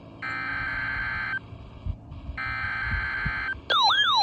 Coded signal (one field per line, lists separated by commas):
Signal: Emergency Alert System (SAME) tones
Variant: header bursts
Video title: KXI42 Required Weekly Test. 5/7/25 EAS #394